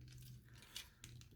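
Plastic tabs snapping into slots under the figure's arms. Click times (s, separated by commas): 0.8 s, 1.0 s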